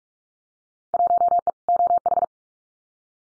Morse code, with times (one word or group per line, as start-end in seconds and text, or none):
0.9-1.5 1E
1.7-2.2 OH